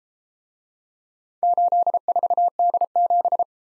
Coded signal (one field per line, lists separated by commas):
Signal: Morse code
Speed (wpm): 33 wpm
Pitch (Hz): 700 Hz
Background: none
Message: 84D7